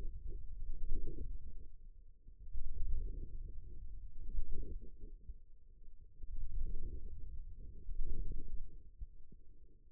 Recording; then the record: forearm muscle sounds (acoustic myography)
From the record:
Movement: radial deviation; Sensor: system 2, bracelet of six BSWA MPA416 microphones around the upper forearm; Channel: 3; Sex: male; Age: 22 years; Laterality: right